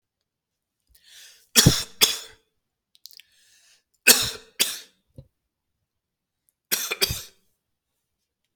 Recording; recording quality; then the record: heavy voluntary cough; excellent, no background noise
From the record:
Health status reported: healthy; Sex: male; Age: 47 years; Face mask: not worn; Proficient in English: yes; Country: India